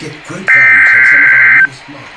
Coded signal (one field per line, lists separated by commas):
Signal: Emergency Alert System (SAME) tones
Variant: header bursts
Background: speech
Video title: Severe Thunderstorm WARNING 8-5-12 (EAS#45)